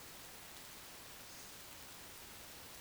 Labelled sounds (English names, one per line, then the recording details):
Eurasian Woodcock whistle
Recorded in Baden-Württemberg, Germany, on 10 June 2020 at 20:18 UTC
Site 45520, 595 m above sea level